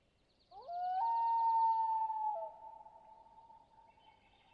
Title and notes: Common Loon - Gavia Immer - wail. Long Lake, Talkeetna, AK